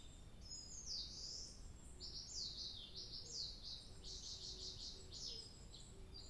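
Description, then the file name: Bird song: bright, high chirps and buzzy sweeping notes in quick bursts throughout, with faint lower whistles beneath. 2 July 2023. "birdsong 20230702"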